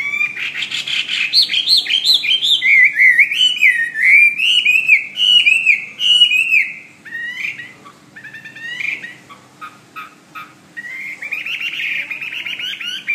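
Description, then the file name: Hwamei song: loud, varied whistled phrases with rapid repeated slurred notes, rising and falling, continuing almost without pause, ending in softer notes. "omkicau hwamey"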